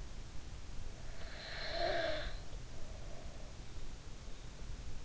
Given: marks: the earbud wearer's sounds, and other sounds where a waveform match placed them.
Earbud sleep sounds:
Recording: sounds in sleep by an in-ear microphone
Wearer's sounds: snoring breath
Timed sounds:
1.14-3.34 s: snoring breath

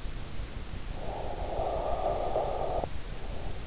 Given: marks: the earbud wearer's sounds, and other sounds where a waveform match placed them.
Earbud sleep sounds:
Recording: sounds in sleep by an in-ear microphone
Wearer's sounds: breath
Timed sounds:
0.62-3.36 s: breath

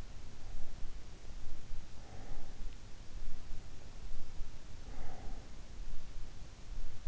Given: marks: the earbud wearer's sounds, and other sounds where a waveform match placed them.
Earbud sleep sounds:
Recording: sounds in sleep by an in-ear microphone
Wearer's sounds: breath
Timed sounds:
1.46-4.12 s: breath
4.37-6.18 s: breath

